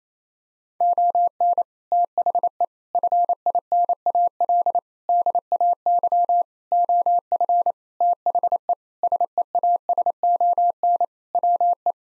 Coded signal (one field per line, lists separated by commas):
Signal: Morse code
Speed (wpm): 28 wpm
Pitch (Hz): 700 Hz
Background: none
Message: ON THE FINAL DAY OF THE SEASON WE